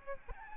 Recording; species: mosquito wingbeat signal from an infrared sensor; Aedes albopictus